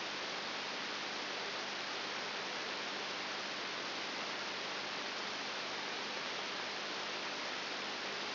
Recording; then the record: brain microelectrode recording played as sound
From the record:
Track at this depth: outside the subthalamic nucleus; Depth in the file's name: 8.5 mm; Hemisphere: right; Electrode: 3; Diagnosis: Parkinson's disease